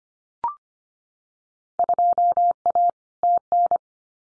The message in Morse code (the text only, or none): 2A TN